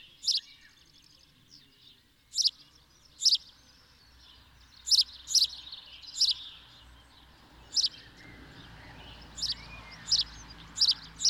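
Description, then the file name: House sparrow calls, loud clipped chirps spaced irregularly every second or two over faint chattering. "Passer domesticus"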